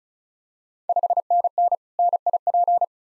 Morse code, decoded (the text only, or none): 5NN NIP